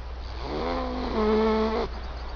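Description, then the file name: Eurasian beaver giving one nasal, harmonic whine that starts softly, then steps up in pitch and holds it level, over a constant low hum. "bober"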